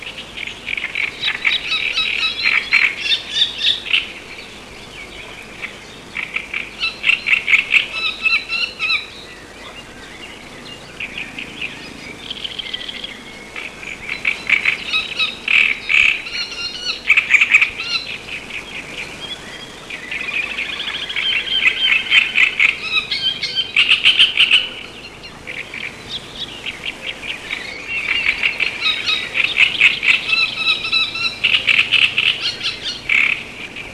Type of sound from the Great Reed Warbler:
song